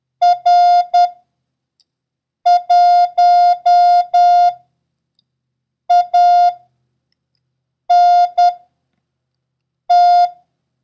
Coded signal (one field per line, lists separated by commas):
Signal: Morse code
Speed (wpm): 10 wpm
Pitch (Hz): 710 Hz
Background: none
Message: R 1 A N T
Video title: International Morse Code: Lesson 3